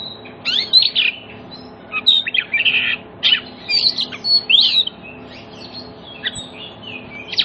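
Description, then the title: Oriental magpie-robin delivering a jumble of bright whistles and scratchy notes in the first five seconds, then a softer, sparse ending. Played as a lure to make silent magpie-robins answer and sing energetically within about five minutes. "Cukup Hitungan Menit Kacer Lain Bisa Bunyi. CUKUP 5 Menit Kacer LAIN NYAUT JADI GACOR, PANCINGAN KACER MACET BUNYI"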